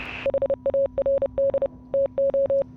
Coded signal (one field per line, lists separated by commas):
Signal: Morse code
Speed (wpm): 29 wpm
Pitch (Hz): 550 Hz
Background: none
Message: HARD TO